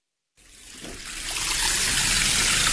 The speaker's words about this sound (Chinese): 中午11点，在密云区西翁庄镇黑山寺村口前，清澈的小溪正缓缓流淌着。